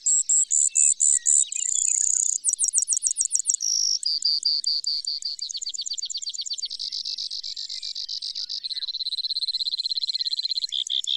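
Bird song of varied trilled phrases, each a fast run of high notes, changing pitch and tempo every couple of seconds in a long continuous stream.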